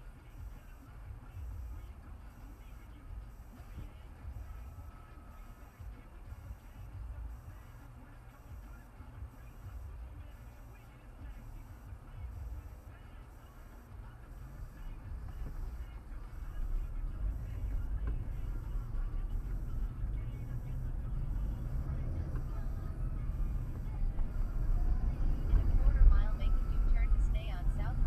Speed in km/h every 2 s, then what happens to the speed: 0, 0, 0, 0, 0, 0, 0, 0, 2, 10, 16, 23, 24, 27.
0-16 standing. 16-28 pulls away to 27.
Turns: none.